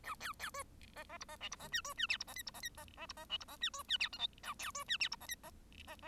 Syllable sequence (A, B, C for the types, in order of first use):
A B B C D D E D F E D G C G H E D I E D I D D E D F E D G C G H J K A B C G H E D I D